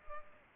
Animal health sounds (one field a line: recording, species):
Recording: mosquito wingbeat signal from an infrared sensor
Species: Culex pipiens